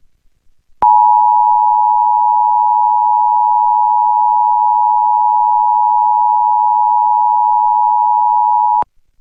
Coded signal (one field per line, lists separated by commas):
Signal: Emergency Alert System (SAME) tones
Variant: 853 and 960 Hz attention tone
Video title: KXJZ "CapRadio" Sacramento, CA - Aircheck & EAS Alert (October 23, 2021)